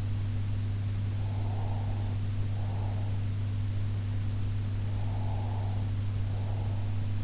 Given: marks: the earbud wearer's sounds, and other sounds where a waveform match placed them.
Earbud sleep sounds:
sounds in sleep by an in-ear microphone; breath
1.15-3.26 s: breath
4.83-7.15 s: breath

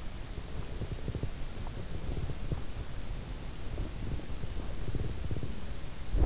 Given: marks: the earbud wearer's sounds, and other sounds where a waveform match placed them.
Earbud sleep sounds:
sounds in sleep by an in-ear microphone; breath
0.46-2.66 s: breath
3.40-5.68 s: breath

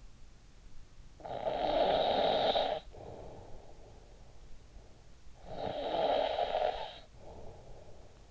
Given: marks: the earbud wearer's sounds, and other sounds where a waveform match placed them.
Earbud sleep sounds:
sounds in sleep by an in-ear microphone; snoring breath
1.00-4.43 s: snoring breath
5.34-8.31 s: snoring breath

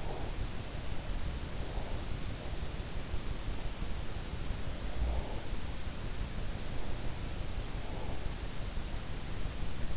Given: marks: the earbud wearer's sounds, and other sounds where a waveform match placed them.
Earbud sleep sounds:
sounds in sleep by an in-ear microphone; breath
0.00-0.43 s: breath
4.98-5.55 s: sound from someone else or the room

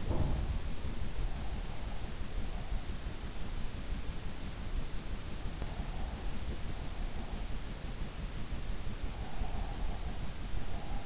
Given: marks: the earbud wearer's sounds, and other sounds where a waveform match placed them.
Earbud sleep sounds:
sounds in sleep by an in-ear microphone; teeth grinding, breath
0.00-0.73 s: teeth grinding
9.14-11.06 s: breath

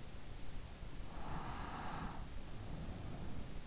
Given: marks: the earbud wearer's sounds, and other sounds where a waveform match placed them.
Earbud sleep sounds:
sounds in sleep by an in-ear microphone; breath
1.07-3.64 s: breath

